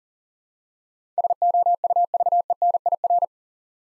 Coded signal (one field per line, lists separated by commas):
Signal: Morse code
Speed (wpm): 40 wpm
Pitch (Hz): 700 Hz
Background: none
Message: SOUVENIR